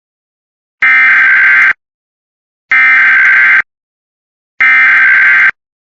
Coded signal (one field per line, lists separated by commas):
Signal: Emergency Alert System (SAME) tones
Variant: header bursts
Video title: Arizona Amber Alert EAS #28